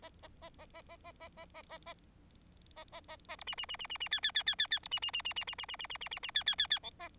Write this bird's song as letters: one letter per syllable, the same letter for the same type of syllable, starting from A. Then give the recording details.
A A A A A A A A A A A A A A A A B C C C C C C D D D D D D B C C C C C C C C C C C C C D D D D E A. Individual Bird4